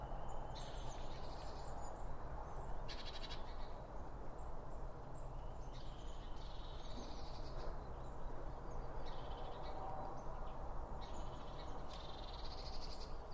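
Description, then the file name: Birds giving buzzy, harsh high calls in short bouts every couple of seconds, with faint tweets above, over a continuous low rumbling background. Birds at a bird feeder, recorded with two Line Audio OM1 microphones. "Birds Around Birdfeeding With Two Om 1 From Line Audio"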